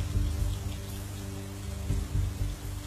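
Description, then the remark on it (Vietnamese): Steady rain hisses across the whole clip, with a deep rumbling drone underneath that swells slightly near the end. No voices are heard. “Chàng Lưu quỳ ở bên mộ vợ rất lâu, tận đến khi trời đã tạnh mưa chàng mới đứng dậy bỏ đi.”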